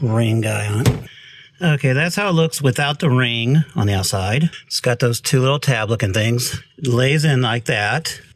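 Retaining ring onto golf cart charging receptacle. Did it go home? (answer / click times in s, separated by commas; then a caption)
no / none. Someone talks while handling an external retaining ring with two small tabs, laying it over the new charging receptacle for a lithium Eco battery on a Club Car Precedent golf cart being converted from lead acid. The ring is lined up to be pressed on, but nothing has seated or clicked yet.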